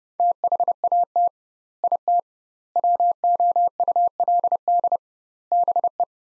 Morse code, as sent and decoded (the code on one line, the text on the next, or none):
- .... .- - / .. - / .-- --- ..- .-.. -.. / -... .
THAT IT WOULD BE